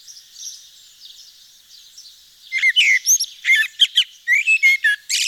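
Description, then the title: Eurasian blackbird song starting after a quiet spell: mellow whistles broken by high scratchy twitters, with faint chirping birds behind. Recorded in Nord, northern France. "Sylvain Jaskowiak - Mes piafs. Merle noir dans le Nord"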